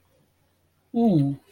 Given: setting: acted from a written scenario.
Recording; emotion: vocal sound without words; neutral